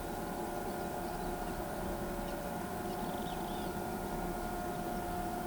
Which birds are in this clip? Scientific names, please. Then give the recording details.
none. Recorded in pastures near Pivijay, Magdalena, Colombia, on 18 April 2023 at 17:30. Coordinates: 10.456, -74.369. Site P6-G026